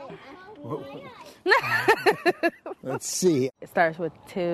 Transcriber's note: laughter